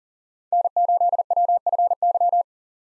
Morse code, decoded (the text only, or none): N8WFY